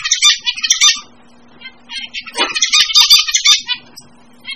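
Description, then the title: Birds chattering in dense, busy bursts of high twittering notes, with a pause of over a second before the chatter resumes, faint low hum beneath. Several birds of mixed kinds. "manuk campur"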